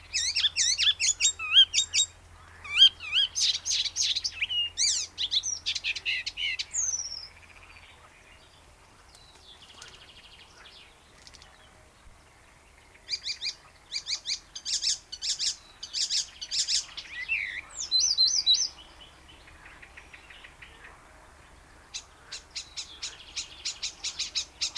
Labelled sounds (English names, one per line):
Icterine Warbler song